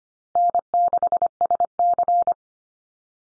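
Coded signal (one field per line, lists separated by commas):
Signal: Morse code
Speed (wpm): 25 wpm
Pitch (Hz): 700 Hz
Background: none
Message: N6SC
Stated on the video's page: Morse code drill at 25 wpm: USA call signs each sent three times for head-copy practice, then spoken, then sent again.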